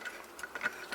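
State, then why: Seated. The main circuit board of an Emerson Rittenhouse Model C8846R 8-note electronic door chime is pressed back down into its plastic base, giving a few short ticks. It snaps into place with a click at 0.6 s. The board is confirmed seated.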